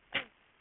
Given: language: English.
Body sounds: throat vibration sensor signal played as sound; cough

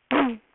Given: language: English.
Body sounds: throat vibration sensor signal played as sound; throat clearing

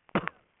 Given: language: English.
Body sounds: throat vibration sensor signal played as sound; cough

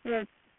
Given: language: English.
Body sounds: throat vibration sensor signal played as sound; speech

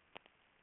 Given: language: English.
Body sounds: throat vibration sensor signal played as sound; swallow

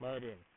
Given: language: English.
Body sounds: throat vibration sensor signal played as sound; speech

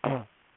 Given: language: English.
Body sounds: throat vibration sensor signal played as sound; throat clearing

